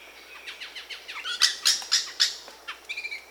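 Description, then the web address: Red-crowned ant-tanager giving a quick series of harsh, downward-slurred notes, then several louder raspy squawks and a brief buzzy ending. Recorded in Peru. "Birds of the Amazon 3. Red-crowned Ant-Tanager (Habia rubica), Peru"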